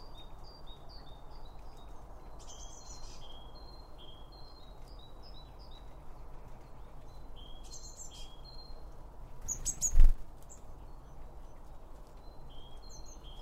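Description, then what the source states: Birds chirping in a busy series of short high whistles and tweets, with a sharp knock around ten seconds, over a low steady rumble. Birds around a bird feeder, recorded with two Line Audio OM1 microphones.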